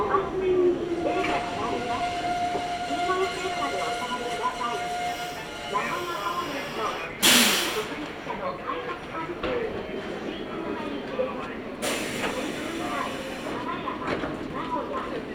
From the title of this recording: Nagoya Railroad Mikawa Line Chiryu to Hekinan